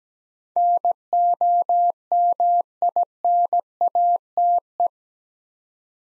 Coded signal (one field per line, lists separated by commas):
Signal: Morse code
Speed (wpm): 17 wpm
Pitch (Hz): 700 Hz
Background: none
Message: NOMINATE